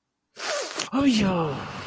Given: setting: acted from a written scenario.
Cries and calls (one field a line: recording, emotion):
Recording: vocal sound without words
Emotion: embarrassment